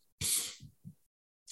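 A single loud, explosive sneeze from an adult man with a stuffy nose and troublesome sinuses after a change of weather from hot Miami to stormy conditions and going in and out of air conditioning: a sharp, hissing burst with a voiced "achoo" quality, followed by two brief softer voiced after-sounds. It is a sudden expulsive reflex.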